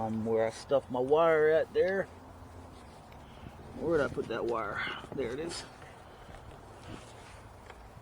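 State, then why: Seated. Someone talks while a wiring harness connector is pushed onto the new purge valve solenoid under the hood of a Ford Edge SEL. A short, faint click is heard at 7.7 seconds as the connector seats.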